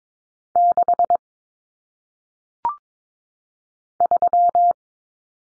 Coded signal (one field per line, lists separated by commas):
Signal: Morse code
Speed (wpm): 22 wpm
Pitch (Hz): 700 Hz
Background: none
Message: 6 3